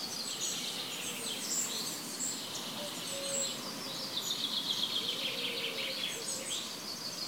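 Birds chorusing with dense high twitters and trills, a few soft low notes drifting through, all over constant rushing background noise.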